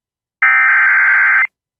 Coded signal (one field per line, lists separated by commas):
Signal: Emergency Alert System (SAME) tones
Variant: header bursts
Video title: TN SVR EAS #665